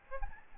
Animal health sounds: mosquito wingbeat signal from an infrared sensor; Aedes albopictus

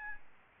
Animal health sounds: mosquito wingbeat signal from an infrared sensor; Aedes albopictus

